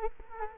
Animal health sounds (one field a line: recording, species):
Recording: mosquito wingbeat signal from an infrared sensor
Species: Culex quinquefasciatus